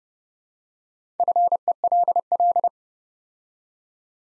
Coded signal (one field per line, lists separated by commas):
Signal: Morse code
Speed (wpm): 28 wpm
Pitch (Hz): 700 Hz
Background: none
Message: FELL